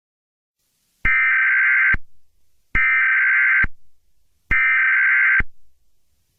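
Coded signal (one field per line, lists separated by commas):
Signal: Emergency Alert System (SAME) tones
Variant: header bursts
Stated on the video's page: Fictional EAS scenario, simulated.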